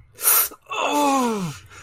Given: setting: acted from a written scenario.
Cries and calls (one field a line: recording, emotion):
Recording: vocal sound without words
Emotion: pain